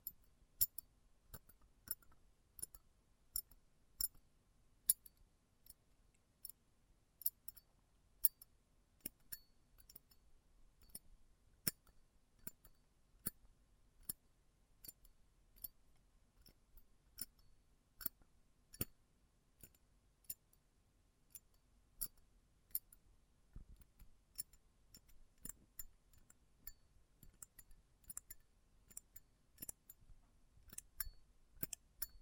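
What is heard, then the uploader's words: Close-up metallic sounds come as sharp, bright clicks and snips scattered across the half minute, sometimes in quick clusters, sometimes spaced a second or more apart. Between them there is near silence with a faint low rumble, and the clicks grow busier toward the end. ASMR Close Up Metallic Sounds (No Talking).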